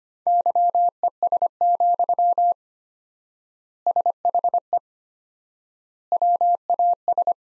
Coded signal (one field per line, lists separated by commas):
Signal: Morse code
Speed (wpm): 25 wpm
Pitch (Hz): 700 Hz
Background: none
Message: YES, SHE WAS